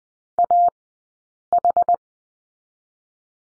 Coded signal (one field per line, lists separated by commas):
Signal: Morse code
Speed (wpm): 19 wpm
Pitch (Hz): 700 Hz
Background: none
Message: A H